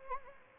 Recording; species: mosquito wingbeat signal from an infrared sensor; Anopheles arabiensis